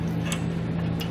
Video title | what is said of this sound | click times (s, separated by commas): etrailer - How to Install: Demco Tabless Base Plate Kit on your 2018 Chevrolet Equinox | even before you'll get everything hooked up you can see it's not going anywhere it's locked into place | 0.3 s, 1.0 s